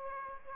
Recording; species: mosquito wingbeat signal from an infrared sensor; Aedes aegypti